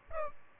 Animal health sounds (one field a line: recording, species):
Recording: mosquito wingbeat signal from an infrared sensor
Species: Aedes albopictus